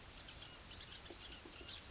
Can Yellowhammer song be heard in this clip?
no